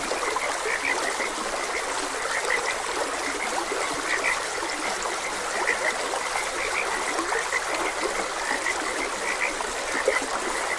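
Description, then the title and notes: Chorus of croaking frogs, short notes repeated without pause, layered over the even hiss of trickling water. Frogs croaking beside a gentle stream. "Frogs Croaking. Sleep and Relaxation Podcast"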